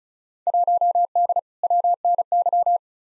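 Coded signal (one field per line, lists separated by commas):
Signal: Morse code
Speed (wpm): 36 wpm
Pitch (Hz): 700 Hz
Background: none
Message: 1D WNY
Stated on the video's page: Morse practice drill of simulated Field Day exchanges at 35 wpm, each sent, spoken, then sent again.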